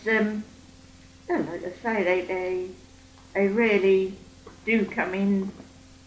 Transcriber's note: none